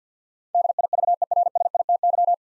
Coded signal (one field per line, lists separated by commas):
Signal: Morse code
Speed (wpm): 50 wpm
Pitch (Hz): 700 Hz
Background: none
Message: DIVERSITY